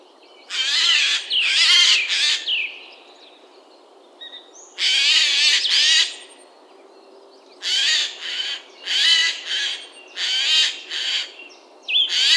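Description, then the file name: Eurasian jay giving harsh, rasping screeches in several bursts with pauses between. "Garrulus glandarius"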